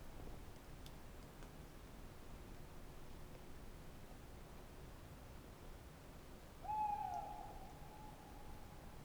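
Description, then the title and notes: Tawny owl giving one long, steady hoot near the end, held for about two seconds before trailing off, over a low background hum. Tawny owl on the banks of the Dordogne, Alles-sur-Dordogne near Limeuil, France; wooded setting, clear starry night at the end of a festival; recorded 96kHz/24-bit on Sonosax SX-R4+ with DPA 4022 microphones in Cinela mount. "314 Rte des Galets, 24005 Alles-sur-Dordogne, France - Chouette de Limeuil. Magnifique chouette hulotte en bord de Dordogne dans l'acoustique boisé de cette belle nuit étoilée!"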